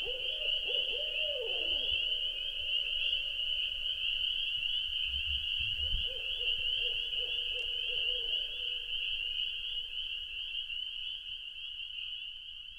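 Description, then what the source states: Owl calling: a wavering hoot that drops away early, followed by a drawn-out level hoot midway, all under a continuous high-pitched drone and soft low rumbles. At night at a lake in Wisconsin in 2019.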